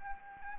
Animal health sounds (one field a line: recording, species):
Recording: mosquito wingbeat signal from an infrared sensor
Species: Anopheles gambiae